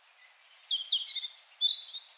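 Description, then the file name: European robin song: a quick, high phrase of downslurred whistles and thin sliding notes, over light hiss. "Erithacus rubecula"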